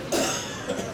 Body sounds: coughing mixed with background sound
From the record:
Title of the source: Residual Phlegmy Morning Coughing and Gagging

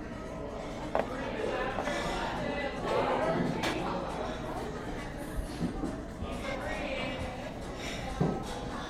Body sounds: background sound without coughing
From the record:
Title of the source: 60 minutes of coffee shop sounds for study and concentration

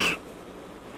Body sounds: coughing mixed with background sound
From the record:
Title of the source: 31 night wet cough

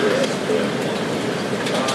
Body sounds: background sound without coughing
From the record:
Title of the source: Office Sounds Ambience - Background Noise for Study and Work

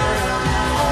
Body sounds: coughing mixed with background sound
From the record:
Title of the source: female coughing - coughing sound effects girl

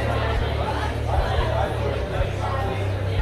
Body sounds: background sound without coughing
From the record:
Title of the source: CITY SOUNDS Busy Bar in the Evening Night - 2 HOURS of Ambiance for Relaxation

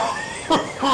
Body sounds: coughing mixed with background sound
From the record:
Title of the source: Spring Allergy Coughing

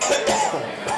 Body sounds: coughing mixed with background sound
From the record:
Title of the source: Mid-morning Winter Coughing Fit

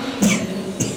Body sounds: coughing mixed with background sound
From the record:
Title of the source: Spring Cold Coughing.

